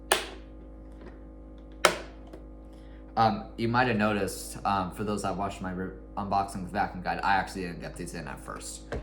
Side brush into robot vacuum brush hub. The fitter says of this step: thinkt they're fully in but they're not you kind of have to press kind of hard until you hear a loud click and then you know they're in place